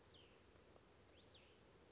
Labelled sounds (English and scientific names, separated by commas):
Cassin's Vireo (Vireo cassinii)